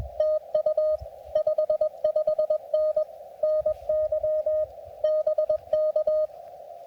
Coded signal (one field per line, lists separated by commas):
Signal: Morse code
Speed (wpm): 18 wpm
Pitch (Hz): 590 Hz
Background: radio noise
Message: TU 55N NY BK